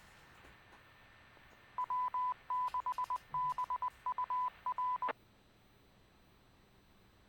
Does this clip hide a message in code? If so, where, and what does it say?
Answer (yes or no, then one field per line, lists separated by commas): yes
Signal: Morse code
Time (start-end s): 1.8-5.1 s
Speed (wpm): 20 wpm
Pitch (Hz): 1000 Hz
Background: none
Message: W6BUR